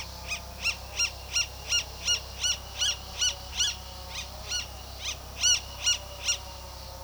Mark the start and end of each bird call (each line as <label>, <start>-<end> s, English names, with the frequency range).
Roadside Hawk (0.7-13.6 kHz), 0.00-6.41 s